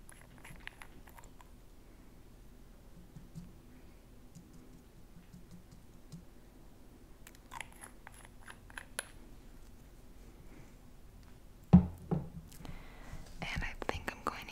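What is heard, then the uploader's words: Quiet at-home nail care, with a steady low hum and soft scattered clicks and taps from handling tools. A cluster of light ticking comes around the middle, then a sharp knock near twelve seconds, followed by louder rustling and handling. At-home flower manicure & natural nail care routine.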